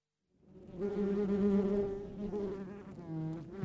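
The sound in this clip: Wasp buzzing, a steady low droning hum that swells and wavers for several seconds.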